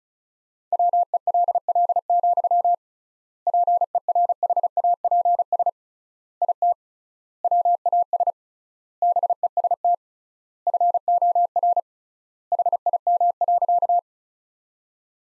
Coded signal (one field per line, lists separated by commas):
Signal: Morse code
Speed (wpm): 34 wpm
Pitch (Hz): 700 Hz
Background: none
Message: WELL, PERHAPS IT WAS BEST FOR HIM.